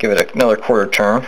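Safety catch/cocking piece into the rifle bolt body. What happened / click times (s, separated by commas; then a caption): Part handled, not yet seated; no click / none. During reassembly of a Mosin Nagant 91/30 bolt-action rifle bolt, the steel safety catch (cocking piece knob) is about to be pulled back and given a quarter turn into the bolt body. Someone talks throughout, and no mechanical sound stands out. The catch has not snapped into its seat yet; nothing has seated or clicked.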